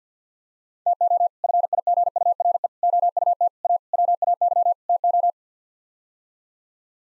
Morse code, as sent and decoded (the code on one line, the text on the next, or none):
- --- / ..-. .. --. ..- .-. . / --- ..- - / .- / .-- .- -.-- / - ---
TO FIGURE OUT A WAY TO